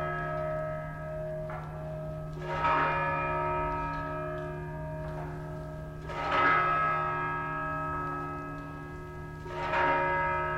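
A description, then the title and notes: A light wind knocks ropes against tall iron flagpoles, sending out bell-like metallic clangs about every three to four seconds. Between strikes the ringing tones hang on and slowly fade, over a steady low hum in the background. Facing St Mark's Basilica where slight wind plays with ropes on a tall iron flagpoles. Location: Venice - Piazza San Marco, Italy.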